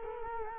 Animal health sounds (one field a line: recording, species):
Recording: mosquito wingbeat signal from an infrared sensor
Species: Culex quinquefasciatus